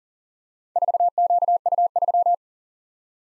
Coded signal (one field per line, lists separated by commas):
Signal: Morse code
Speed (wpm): 39 wpm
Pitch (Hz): 700 Hz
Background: none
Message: 4QU3